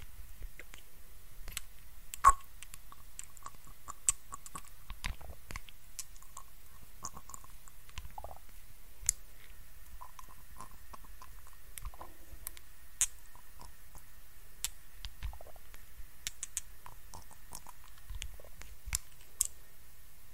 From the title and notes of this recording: ASMR FACE TREATMENT, ASMR CLEANING YOUR FACE, ASMR FACE TREATMENT SPA, ASMR FACE MASSAGE NO TALKING.